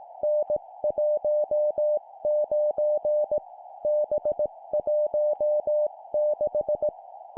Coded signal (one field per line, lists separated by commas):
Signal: Morse code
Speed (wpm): 18 wpm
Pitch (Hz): 600 Hz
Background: none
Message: N19 B16